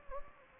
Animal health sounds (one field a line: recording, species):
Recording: mosquito wingbeat signal from an infrared sensor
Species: Anopheles gambiae